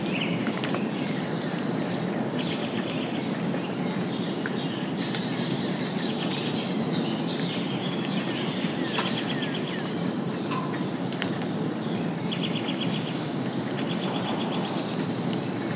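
Steady, dense rain hiss fills the scene from start to finish, with a low rumbling undertone like thunder. Songbirds call throughout, with quick chirps and short trills scattered every second or so.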